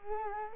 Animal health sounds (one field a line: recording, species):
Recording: mosquito wingbeat signal from an infrared sensor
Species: Culex quinquefasciatus